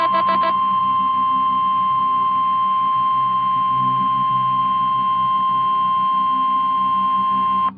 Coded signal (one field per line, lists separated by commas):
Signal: Emergency Alert System (SAME) tones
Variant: 1050 Hz attention tone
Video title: 4 Scariest Emergency Alerts & EAS Alarms (Vol. 5)